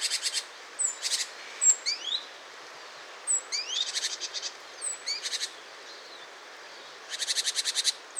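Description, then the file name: Great tit calls: scattered short buzzy rattles and brief rising whistles over a steady hiss, ending in a longer rapid churring burst. "Parus major"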